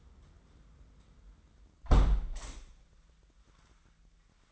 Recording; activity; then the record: daily activity, microphone in the room; close window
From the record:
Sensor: 3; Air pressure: 998.5 hPa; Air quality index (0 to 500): 155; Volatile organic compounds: 6 ppm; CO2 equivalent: 1864 ppm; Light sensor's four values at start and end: 12/28/12/13 and 11/27/11/12